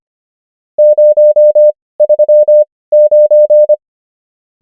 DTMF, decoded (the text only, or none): none